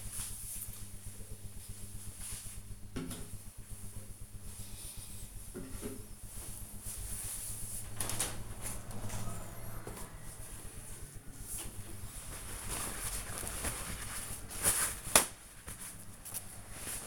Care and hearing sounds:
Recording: household activities, microphone on the right wrist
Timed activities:
8.96-17.07 s: window cleaning

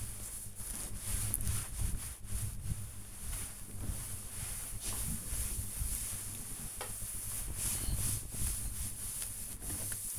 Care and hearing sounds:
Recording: household activities, microphone on the right wrist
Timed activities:
0.00-10.19 s: cleaning table

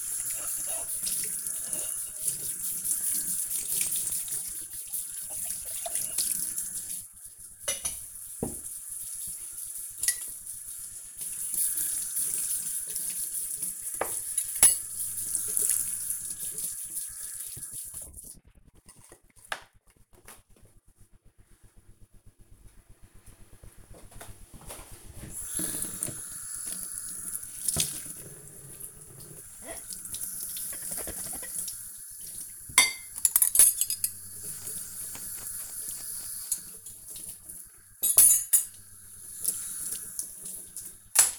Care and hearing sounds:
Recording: household activities, microphone on the right wrist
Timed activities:
0.00-17.24 s: washing dishes
23.28-41.39 s: washing dishes

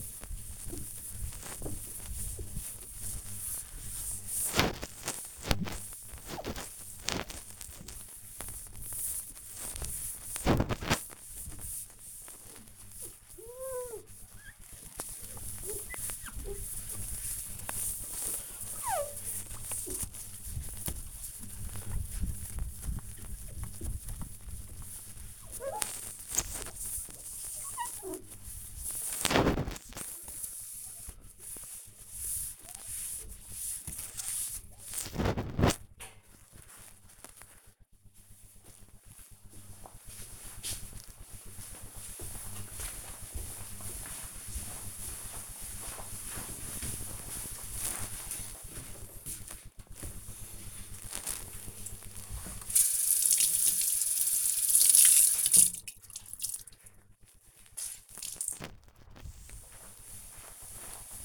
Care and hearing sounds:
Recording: household activities, microphone on the right wrist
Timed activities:
0.00-36.09 s: window cleaning
49.18-61.25 s: cleaning table

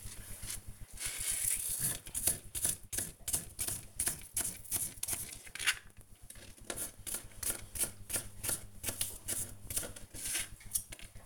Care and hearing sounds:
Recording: household activities, microphone on the right wrist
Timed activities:
0.00-11.26 s: cutting vegetables

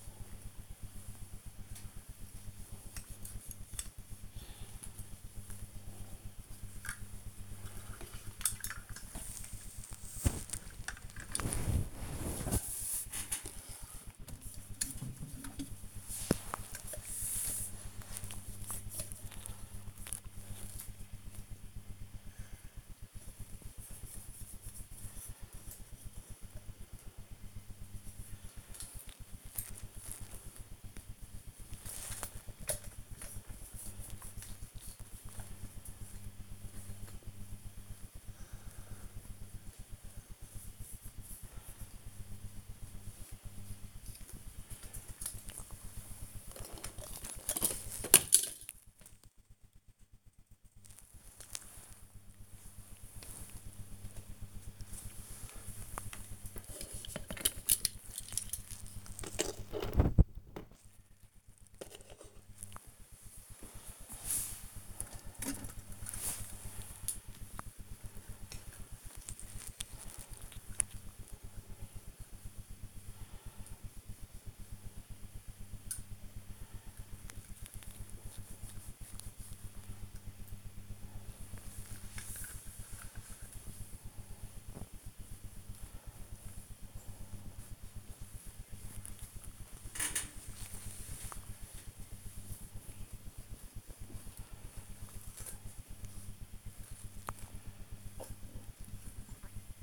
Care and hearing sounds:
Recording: household activities, microphone on the right wrist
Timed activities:
0.00-49.03 s: dusting model cars
53.06-99.83 s: dusting model cars

